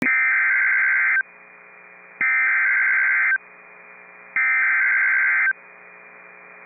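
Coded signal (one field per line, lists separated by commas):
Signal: Emergency Alert System (SAME) tones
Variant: header bursts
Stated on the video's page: Valid EAS tones from a real severe thunderstorm warning for Grant, Morton and Oliver Counties, North Dakota.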